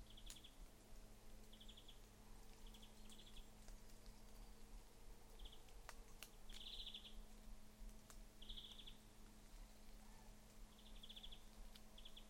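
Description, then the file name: European greenfinch giving several short, high trilled bursts at irregular intervals, with scattered sharp clicks and a steady low hum underneath. "Chloris chloris"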